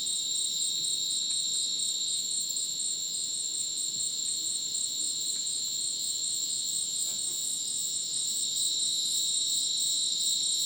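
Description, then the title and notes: Cricket chorus, thick and continuous, with several high shrill trills stacked together and a faint pulsing rhythm; soft scattered clicks sound underneath. Dense rainforest at Ucumari, Madidi National Park, Bolivia, after sunset; very dense insect chorus like a polyrhythmic electronic concert; AT BP4029 microphone, MixPre 6 recorder. "Madidi National Park, Ucumari, Bolivia - Supersonic Crickets in the rainforest. Después del atardecer, un espacio muy denso en medio del bosque. Increíble densidad de insectos"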